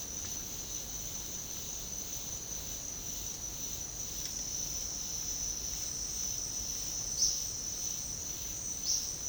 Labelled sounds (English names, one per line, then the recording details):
none
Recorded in pastures near Puerto Asís, Putumayo, Colombia, on 12 March 2025 at 10:00
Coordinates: 0.502, -76.324
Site GP07